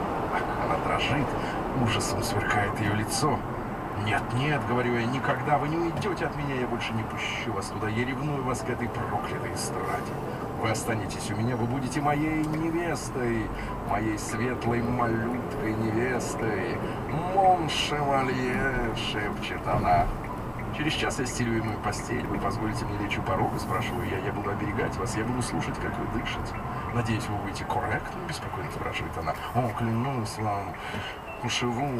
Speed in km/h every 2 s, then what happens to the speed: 70, 64, 57, 38, 27, 33, 35, 37, 42, 46, 38, 37, 35, 31, 22, 11.
0-8 brakes to 27. 8-18 speeds up to 46. 18-30 slows to 11.